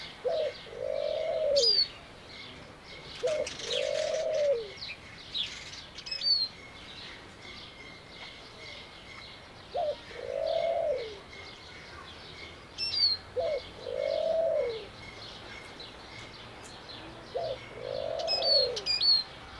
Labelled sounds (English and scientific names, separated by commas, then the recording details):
Eurasian Siskin (Spinus spinus) call
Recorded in captivity
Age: adult
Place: Zoo Halle, Sachsen-Anhalt, DE
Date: 1987-04-11 10:34
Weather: fair, 7-10°C
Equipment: Nagra SN, Kopie Tesla B 116
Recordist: Tembrock, Günter